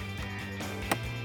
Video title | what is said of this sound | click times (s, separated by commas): 2015-2019 Mustang GT Ford Performance Center Instrument Boost Gauge Kit Review & Install | You'll hear that snap into place. | 0.9 s